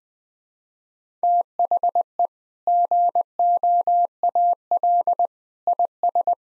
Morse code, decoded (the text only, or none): THE GOAL IS